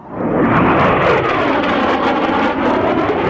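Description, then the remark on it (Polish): A loud, steady roar of a military aircraft flying past over an airfield in Dęblin, Poland, as pilots practise for a parade flyover, a broad rumbling engine drone with shifting tones that holds strong throughout, with no voices. “Próby trwają od wielu dni, a nasz reporter przyglądał się, jak piloci ćwiczą na lotnisku w Dęblinie.”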